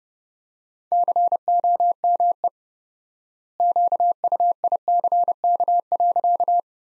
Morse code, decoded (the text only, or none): COME QUICK.